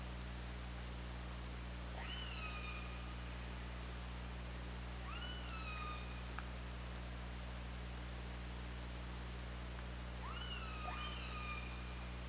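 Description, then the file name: Orca calls: four clear harmonic calls that each rise sharply and then hold steady, the last two close together, with hiss and low hum behind them. OrcaLab hydrophone, 24 August 2017, 21:30:39. "Orca Lab UTLN JASON 20170824 213039"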